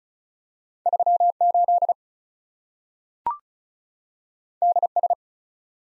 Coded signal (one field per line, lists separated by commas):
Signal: Morse code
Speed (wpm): 36 wpm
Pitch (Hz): 700 Hz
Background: none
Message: 3 8 D S